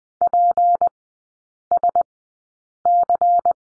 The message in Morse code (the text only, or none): PSC